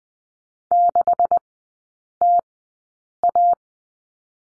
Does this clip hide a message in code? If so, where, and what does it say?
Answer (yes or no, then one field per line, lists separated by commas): yes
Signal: Morse code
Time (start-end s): 0.7-3.5 s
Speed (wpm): 20 wpm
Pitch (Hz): 700 Hz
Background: none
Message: 6TA